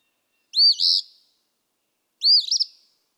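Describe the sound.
Eastern phoebe delivering two scratchy fee-bee phrases, the second ending in a stuttered buzz, in otherwise quiet surroundings.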